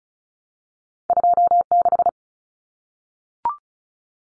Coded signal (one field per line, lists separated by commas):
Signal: Morse code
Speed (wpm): 34 wpm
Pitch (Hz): 700 Hz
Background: none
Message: 26